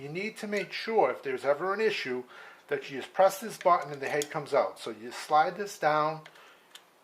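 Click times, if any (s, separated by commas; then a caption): none. Someone talks while handling the AC power adapter of a Mettler Toledo JL 602 scale, pressing its button so the interchangeable plug receptacle head comes out, then starting to slide the head down onto the adapter body. A couple of faint ticks sound near the end, but the head has not clicked into place or seated in its channel yet.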